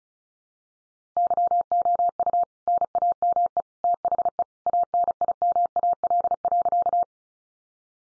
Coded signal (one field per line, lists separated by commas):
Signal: Morse code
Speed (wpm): 34 wpm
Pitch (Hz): 700 Hz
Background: none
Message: YOU NAME THE ANIMAL.